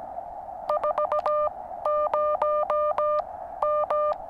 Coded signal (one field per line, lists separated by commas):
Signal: Morse code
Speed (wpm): 17 wpm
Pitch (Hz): 600 Hz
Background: none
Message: 40M